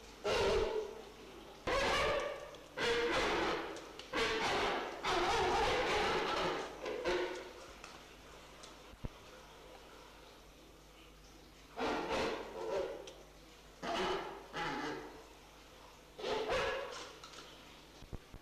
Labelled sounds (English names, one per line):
King Penguin call